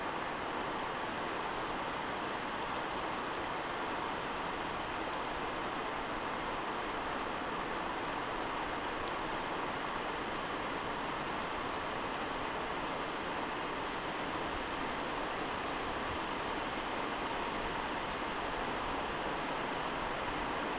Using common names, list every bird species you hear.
none